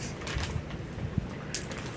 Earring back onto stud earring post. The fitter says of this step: do you hear that snap these are really good for 58 cents